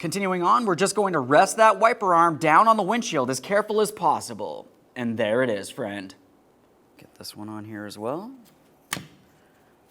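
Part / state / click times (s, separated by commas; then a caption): wiper blade onto windshield wiper arm / seated / 8.9 s. A new wiper blade for a 2015-2019 Subaru Outback is pushed onto the windshield wiper arm's hook until its plastic locking adapter snaps home. Someone talks for most of the clip, then a sharp click at 8.9 s marks the blade seating on the arm.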